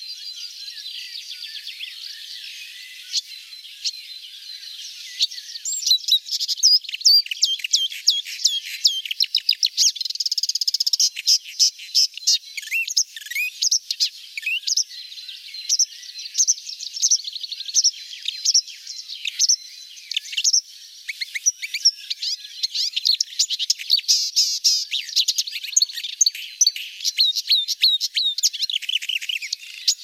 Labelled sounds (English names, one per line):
Marsh Warbler song